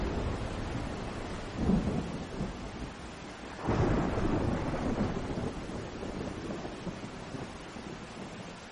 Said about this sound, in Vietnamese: Vốn dĩ trời không mưa, nhưng bất chợt có từng giọt mưa rơi xuống nặng hạt, dần. Và cũng nhờ thế, cơn mưa bất ngờ ấy góp phần làm dịu đi ngọn lửa đang tàn sát bừa bãi trong cả vùng đại địa kia.